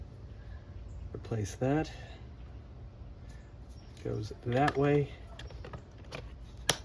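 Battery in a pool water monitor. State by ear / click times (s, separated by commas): seated / 6.7 s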